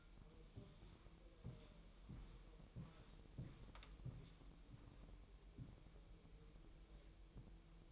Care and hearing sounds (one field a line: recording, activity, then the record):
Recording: daily activity, microphone in the room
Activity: walk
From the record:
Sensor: 1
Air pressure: 1002.0 hPa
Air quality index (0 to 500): 240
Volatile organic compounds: 100 ppm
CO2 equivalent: 3755 ppm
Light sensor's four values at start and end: 8/20/8/9 and 9/21/9/10